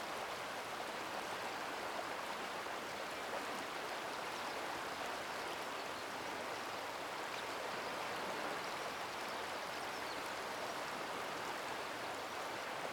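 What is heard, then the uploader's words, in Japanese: A river's mid-stream babble flows on without pause, a dense, even rush of bright splashing water with a softer low murmur beneath. 多摩川中流域のせせらぎ音が流れます。ざわざわした、絶え間なく流れる水に流れ。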